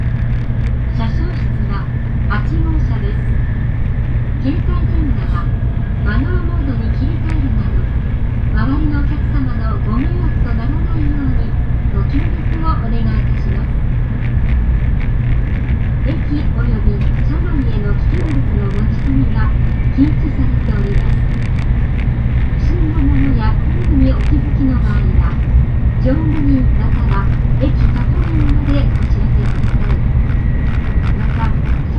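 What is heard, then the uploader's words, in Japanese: A Tokaido Shinkansen Kodama train running from Hamamatsu toward Shizuoka, with a steady, heavy low rumble and hiss that holds even throughout. Voices talk on and off over the drone, and faint whining tones and scattered small clicks and knocks come and go. 東海道新幹線こだま浜松→静岡。朝一番の浜松始発の新幹線です。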